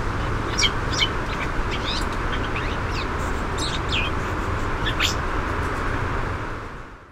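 Western scrub-jay giving a series of short sweeping calls scattered through loud, steady background noise.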